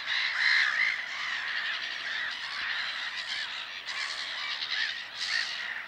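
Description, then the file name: Black-headed gull calls: rasping, scratchy squawks from several birds run together in a steady clamour, with a few louder cries standing out. "mouette rieuse"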